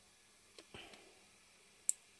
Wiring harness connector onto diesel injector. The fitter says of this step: on a entendu le clic pareil